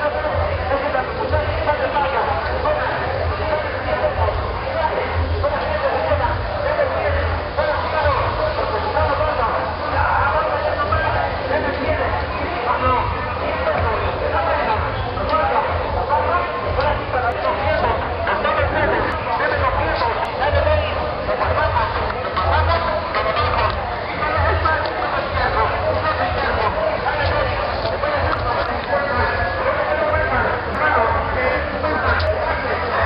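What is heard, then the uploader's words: A busy night fair in rural Chiapas, with overlapping voices and crowd chatter running throughout at a steady, dense level. A low, thumping pulse of music sits underneath, and a few brief sharper sounds poke through around the middle and near the end. A typical night in rural Chiapas when the fair comes to town. The sounds of the fair; barkers hawking their wares, music, general hubbub.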